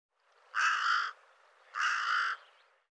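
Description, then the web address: Bird uttering two loud, hoarse caws, each rough and drawn out for roughly half a second. "cianscape birddata Deverinetal 2025"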